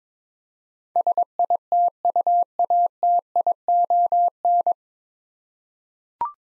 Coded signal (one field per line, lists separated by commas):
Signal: Morse code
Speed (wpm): 22 wpm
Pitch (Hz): 700 Hz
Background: none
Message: SITUATION